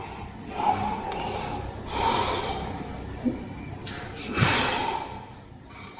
A clear case of sleep apnea. It's getting louder and louder, and then there's this long pause where it's really troubling. Yeah, this person is holding their breath.